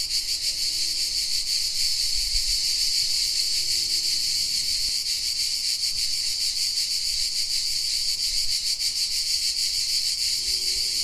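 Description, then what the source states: Chorus of cicadas producing an unbroken, loud, high-pitched rasping drone with slight rhythmic pulsing. Cicadas singing in the afternoon at a camp site in a museum backyard, Santarcangelo, Italy.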